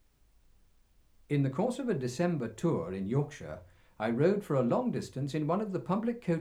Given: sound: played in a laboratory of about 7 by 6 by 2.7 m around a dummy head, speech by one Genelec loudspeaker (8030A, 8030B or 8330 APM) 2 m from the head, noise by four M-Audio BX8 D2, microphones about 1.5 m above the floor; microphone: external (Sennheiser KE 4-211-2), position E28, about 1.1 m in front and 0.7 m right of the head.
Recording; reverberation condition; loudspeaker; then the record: male speech in English; low; in front (0 degrees)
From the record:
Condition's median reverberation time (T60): about 310 ms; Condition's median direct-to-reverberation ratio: about 3.5 dB